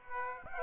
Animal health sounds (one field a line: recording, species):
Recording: mosquito wingbeat signal from an infrared sensor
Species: Aedes aegypti